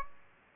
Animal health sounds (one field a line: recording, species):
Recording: mosquito wingbeat signal from an infrared sensor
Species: Aedes aegypti